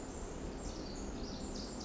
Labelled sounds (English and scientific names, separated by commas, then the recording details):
Pacific Wren (Troglodytes pacificus)
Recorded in Sonoma County, California